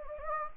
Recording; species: mosquito wingbeat signal from an infrared sensor; Anopheles gambiae